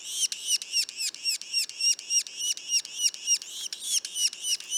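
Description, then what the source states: Yellow-bellied sapsucker calls, rapid repeated squeaky nasal notes, roughly three or four each second, evenly spaced and continuous throughout. Juveniles, Mont-Orford National Park, Quebec.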